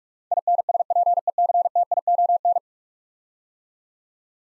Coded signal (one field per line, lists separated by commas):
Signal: Morse code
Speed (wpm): 46 wpm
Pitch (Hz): 700 Hz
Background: none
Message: INSPECTION